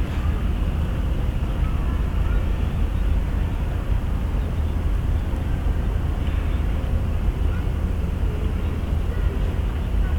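Yokohama Port, with a steady, dense low rumble like a running engine filling all ten seconds at an even level. Faint murmuring voices and a few brief higher tones drift through the middle, but nothing sharp breaks the drone.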